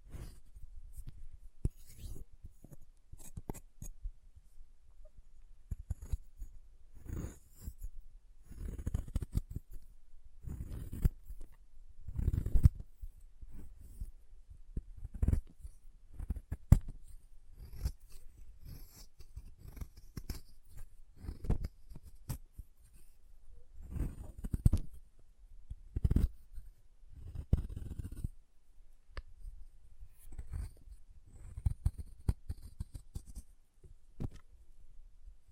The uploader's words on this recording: ASMR Chalk Carving and Cutting Sounds (No Talking).